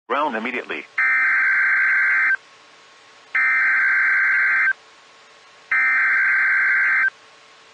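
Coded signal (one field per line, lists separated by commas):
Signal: Emergency Alert System (SAME) tones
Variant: header bursts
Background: speech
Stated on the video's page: Flash flood warning for Norfolk, Virginia relayed on NOAA Weather Radio during Hurricane Sally.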